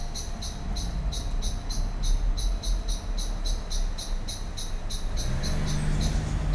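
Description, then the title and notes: Common blackbird scolding: a steady series of sharp chinks, set against heavy low rumbling noise that swells toward the end. Excited scolding while flying from tree to tree; Lütticher Straße, Cologne, in the morning; nearfield recording. "cologne, lütticherstrasse, amsel. amsel aufgeregt schimpfend fliegt von baum zu baum, im hintergrund fahrradfahrer und fussgänger auf dem bürgersteig, morgens"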